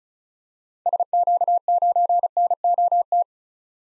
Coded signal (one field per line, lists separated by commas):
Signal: Morse code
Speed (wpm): 36 wpm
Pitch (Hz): 700 Hz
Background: none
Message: SQ9NOT